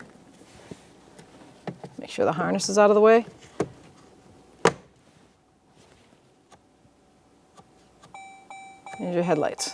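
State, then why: Seated. The red locking tab on the harness connector of a 2011-2021 Jeep Grand Cherokee headlight switch is pushed in to lock the connector onto the switch, with a sharp click at 1.7 s as it seats. Someone talks, another sharp tap follows near 4.7 s, and a few short tonal beeps sound around 8.1–8.9 s.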